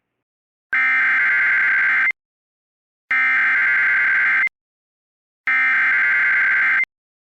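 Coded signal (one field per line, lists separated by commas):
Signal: Emergency Alert System (SAME) tones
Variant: header bursts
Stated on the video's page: Valid EAS tones for two Special Marine Warnings and an Evacuation Immediate alert.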